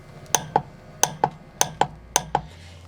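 A torque wrench is pulled on a wheel lug nut and breaks over at its set torque, giving sharp clicks at 0.4, 1.0, 1.6 and 2.2 seconds, each followed by a softer second tick. The clicks show that 80 lb-ft has been reached.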